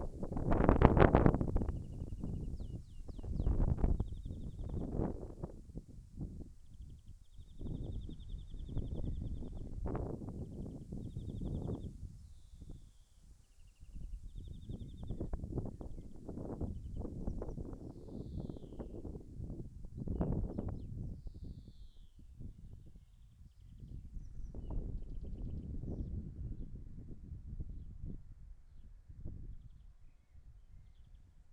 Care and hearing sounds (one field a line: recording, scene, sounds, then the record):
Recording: everyday scene through a hearing-aid microphone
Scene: wind on the microphone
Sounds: wind, birds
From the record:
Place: in front of a rural house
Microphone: behind the ear, left, front